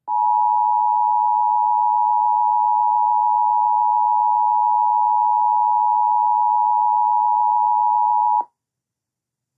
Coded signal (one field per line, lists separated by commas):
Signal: Emergency Alert System (SAME) tones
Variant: 853 and 960 Hz attention tone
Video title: New Jersey EAS Required Monthly Tests (12.21.2022)